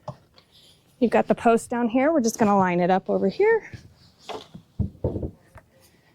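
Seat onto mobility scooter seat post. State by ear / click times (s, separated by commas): seated / 5.1 s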